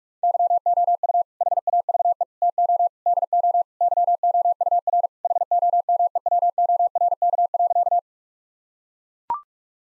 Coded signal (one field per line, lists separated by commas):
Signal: Morse code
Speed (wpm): 41 wpm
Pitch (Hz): 700 Hz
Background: none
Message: YOU HAVE TO DO YOUR HOMEWORK.